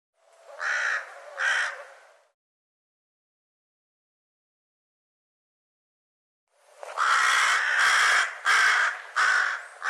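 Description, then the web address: Bird calls: two raspy caws, several seconds of silence, then a rapid run of harsh caws. "cianscape birddata Deverinetal 2025 Bird"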